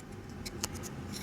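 A plastic part is pressed into a Rotor Riot DIY Skyliner MK3 HD drone frame during assembly, with the screw left loose because overtightening would stop the part from snapping in. A few faint, light ticks lead to one sharp click at 0.6 s, then more faint ticks over a low steady hum. The part snaps into place and is seated.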